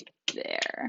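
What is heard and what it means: A line-following sensor's cable connector is being handled and clipped toward port two on a robot's controller board. Someone talks briefly, then a dense, continuous handling sound runs to the end. Nothing has seated or clicked yet.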